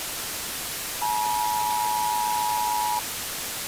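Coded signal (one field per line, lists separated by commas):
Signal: Emergency Alert System (SAME) tones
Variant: 853 and 960 Hz attention tone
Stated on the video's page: Fictional EAS scenario; the alert tones are a recreation, not a real broadcast.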